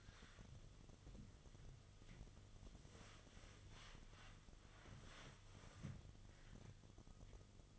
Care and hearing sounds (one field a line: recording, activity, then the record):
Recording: daily activity, microphone in the room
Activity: wipe stove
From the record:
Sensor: 4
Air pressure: 1005.7 hPa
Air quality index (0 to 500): 111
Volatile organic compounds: 3 ppm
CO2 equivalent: 1381 ppm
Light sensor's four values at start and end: 12/27/10/10 and 11/26/10/10